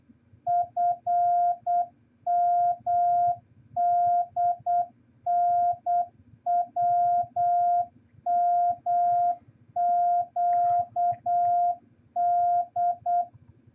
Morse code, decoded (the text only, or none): FMDNWMQD